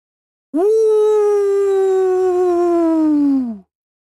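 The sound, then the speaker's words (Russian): A lone wild beast howls far off, one long sustained note of about three seconds with a rich, steady tone that sags slightly in pitch before cutting off. “В ответ до моего уха доносится далекий звериный вой.”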